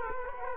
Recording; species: mosquito wingbeat signal from an infrared sensor; Culex quinquefasciatus